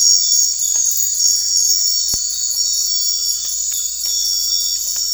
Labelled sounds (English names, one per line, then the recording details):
none
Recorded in secondary vegetation near Puerto Asís, Putumayo, Colombia, on 4 March 2025 at 23:00
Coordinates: 0.499, -76.323
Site G094